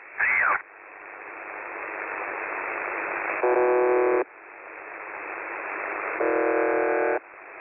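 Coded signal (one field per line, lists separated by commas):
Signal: numbers station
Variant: UVB-76 (The Buzzer)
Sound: radio hiss with two harsh one-second buzzes, no voice audible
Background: radio static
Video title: The Buzzer/UVB-76 Voice Message (December 4, 2020 10:12 UTC)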